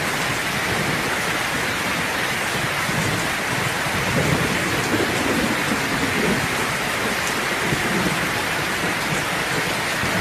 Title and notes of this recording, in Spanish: Lluvia Intensa, Viento Fuerte Y Sonidos De Tormenta En Una Noche Tormenta. Lluvia Intensa Con Viento Fuerte